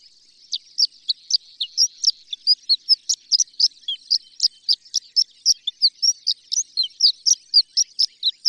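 Horned lark song, a steady rapid stream of high, sharp tinkling chips that continues to the end.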